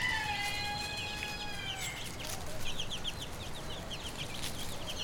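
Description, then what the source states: Chicken hen gives a long, level harmonic call, followed by rapid, high, falling chick peeps repeated several times a second. Hen with her chicks, Brownsea Island.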